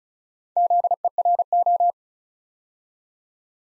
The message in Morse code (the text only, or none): ZERO